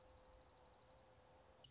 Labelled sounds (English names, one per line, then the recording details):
Dark-eyed Junco
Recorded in Sonoma County, California